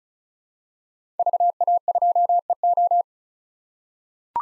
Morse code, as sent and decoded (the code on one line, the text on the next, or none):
...- .- ..--- . ---
VA2EO